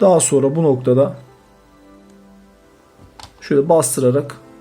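Someone talks while pressing a plastic rechargeable battery pack down into the battery compartment of an Xbox Series S/X controller, with a faint steady tone underneath and a brief sharp handling sound near 3.2 s. The pack is still being handled, and nothing has seated or clicked yet.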